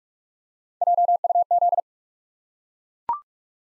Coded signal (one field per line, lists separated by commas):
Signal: Morse code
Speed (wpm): 44 wpm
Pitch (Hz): 700 Hz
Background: none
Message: JUZ